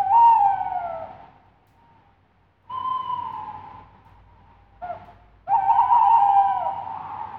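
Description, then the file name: Tawny owl hooting: long, slightly wavering hoots, a short clipped note, then another long quavering hoot. Recorded at night. "Animaux de nuit - chouette hulotte"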